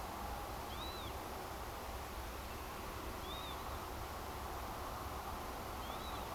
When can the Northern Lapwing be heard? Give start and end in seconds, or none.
0.70-1.12, 3.22-3.56, 5.80-6.29